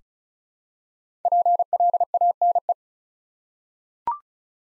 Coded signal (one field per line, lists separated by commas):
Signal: Morse code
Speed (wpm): 36 wpm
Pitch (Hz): 700 Hz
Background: none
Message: PLANE